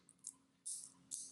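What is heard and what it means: The metal butterfly deployant clasp on the steel bracelet of an Armand Nicolet JS9 Automatic 300M dive watch is closed and snaps shut with solid clicks at 0.3 s and 1.1 s, with a faint tick near 0.1 s. The clasp is fully seated, secure and seamless once shut.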